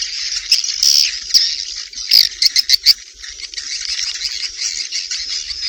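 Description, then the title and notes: Swiftlet chirps in a thin, high chatter, punctuated by a few loud sharp clicks and chirps around the middle. Swiftlet sounds used in swiftlet farming in Asia. "Swiflet Bird Sound. Farming Swiflet Bird asia sound"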